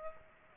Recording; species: mosquito wingbeat signal from an infrared sensor; Aedes aegypti